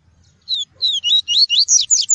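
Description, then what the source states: Double-collared seedeater song, a fast, rhythmic run of about eight high, looping whistled notes rising toward the end. "Tui-tui" song variety.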